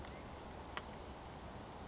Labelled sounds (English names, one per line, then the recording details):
Chestnut-backed Chickadee
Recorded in Sonoma County, California